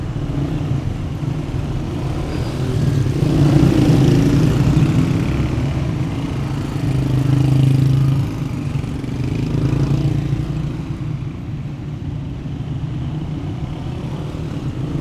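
Steady low traffic rumble fills a street scene near one of the city's gates, with vehicles passing. Engines swell around four seconds and again near eight, then the sound eases into a continuous hum with faint brighter street noise above.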